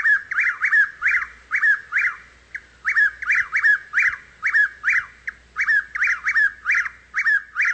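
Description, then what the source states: Chuck-will's-widow song, loud whistled phrases repeated quickly and almost continuously, many repeats with only brief gaps. Male's song, described as becoming desperate as spring turns to summer.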